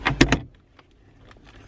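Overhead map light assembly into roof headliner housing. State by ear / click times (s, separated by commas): not seated / none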